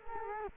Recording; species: mosquito wingbeat signal from an infrared sensor; Culex quinquefasciatus